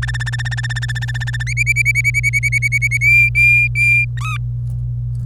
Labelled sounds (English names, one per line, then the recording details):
Domestic Canary song
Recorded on 26 April 2018 at 09:30
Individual llb3